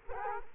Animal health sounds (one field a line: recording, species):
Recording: mosquito wingbeat signal from an infrared sensor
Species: Culex quinquefasciatus